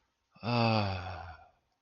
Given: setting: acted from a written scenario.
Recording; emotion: vocal sound without words; serenity